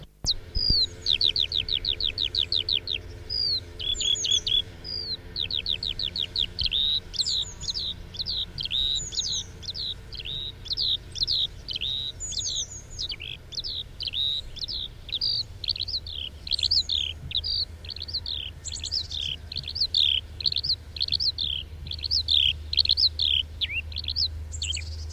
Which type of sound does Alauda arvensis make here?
flight song